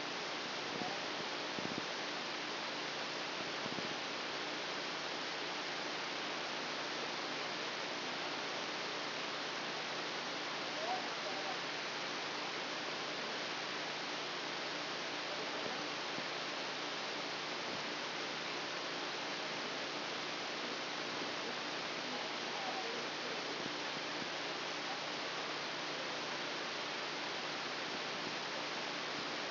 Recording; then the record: brain microelectrode recording played as sound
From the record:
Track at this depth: inside the subthalamic nucleus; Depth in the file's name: 2.311 mm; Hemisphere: left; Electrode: 2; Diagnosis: Parkinson's disease